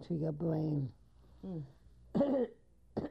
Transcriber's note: coughs